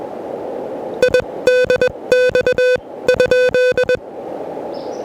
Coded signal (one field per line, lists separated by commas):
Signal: Morse code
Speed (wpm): 20 wpm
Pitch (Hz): 500 Hz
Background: music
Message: IDX?